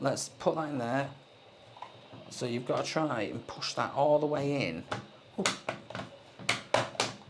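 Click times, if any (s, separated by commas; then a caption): none. A smartphone is pushed into the phone holder on a budget drone's remote controller while someone talks. Several knocks and scrapes follow, but the phone never clicks in, and nothing has latched by the end.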